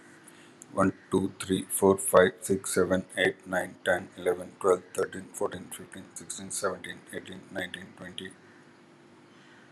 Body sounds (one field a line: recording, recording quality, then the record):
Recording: counting at a fast pace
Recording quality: excellent, no background noise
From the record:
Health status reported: healthy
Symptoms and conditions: cough, cold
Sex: male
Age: 52 years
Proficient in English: yes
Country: India